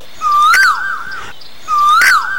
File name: asian koel